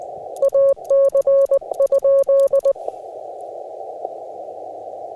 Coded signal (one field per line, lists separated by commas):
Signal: Morse code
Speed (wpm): 20 wpm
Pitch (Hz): 550 Hz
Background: none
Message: AC?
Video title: TOUGH CW QRP POTA ACTIVATION @ KY HORSE PARK | FT-891 | ZM-2 | 9:1 EFRW